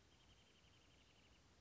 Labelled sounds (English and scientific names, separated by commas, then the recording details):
Wrentit (Chamaea fasciata)
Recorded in Sonoma County, California